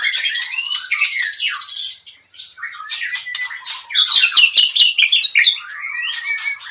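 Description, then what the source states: White-rumped shama in full song: buzzy rattles, bright whistles and harsh chattering notes run together in a fast, varied stream. Medan type song.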